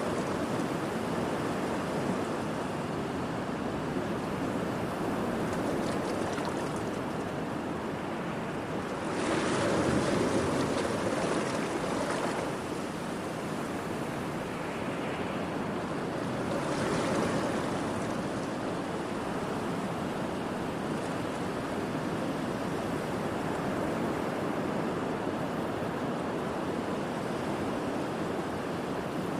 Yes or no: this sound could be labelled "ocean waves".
yes